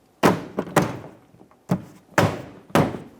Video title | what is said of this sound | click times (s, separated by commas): How to Replace Inner Taillights Assemblies 2011-2021 Jeep Grand Cherokee | so once you think you've got it all centered it's time to start clicking it in | 0.2 s, 2.2 s, 2.8 s